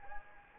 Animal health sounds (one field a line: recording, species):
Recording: mosquito wingbeat signal from an infrared sensor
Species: Anopheles gambiae